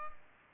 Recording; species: mosquito wingbeat signal from an infrared sensor; Culex pipiens